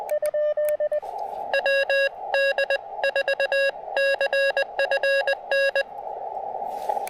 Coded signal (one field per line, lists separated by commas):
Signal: Morse code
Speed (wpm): 20 wpm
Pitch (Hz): 1650 Hz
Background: radio noise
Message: WD4CFN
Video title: Late-Shift QRP & Coffee: Testing the Chelegance MC-750 80M Coil During a PM POTA Activation!